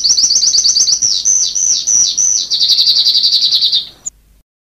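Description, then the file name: Sanma bird giving quick, high, repeated chirps that sweep up and down, then a faster trill before a sudden end. "suara burung sanma"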